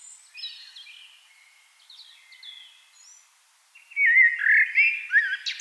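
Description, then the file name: Eurasian blackbird: faint high chirps, then one loud, full fluted phrase near the end, mellow with a short squeaky finish. "Turdus merula"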